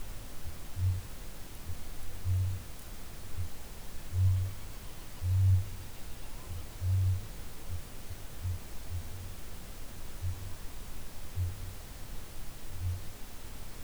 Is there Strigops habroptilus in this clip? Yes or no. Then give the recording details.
yes. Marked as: faintness 3/5, faintness 4/5. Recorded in New Zealand. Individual Ben